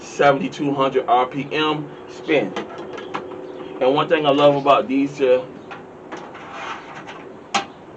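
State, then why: Seated. Someone talks while a plastic drive tray is pushed into the metal drive cage of a Zalman S3 ATX PC case. The tray snaps into place with a sharp click at about 7.6 seconds, seating firmly so nothing falls out.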